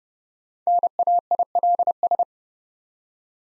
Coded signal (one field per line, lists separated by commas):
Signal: Morse code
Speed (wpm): 30 wpm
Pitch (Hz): 700 Hz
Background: none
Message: NAILS